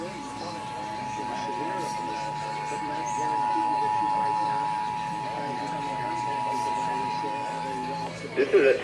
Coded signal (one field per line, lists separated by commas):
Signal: Emergency Alert System (SAME) tones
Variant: 853 and 960 Hz attention tone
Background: speech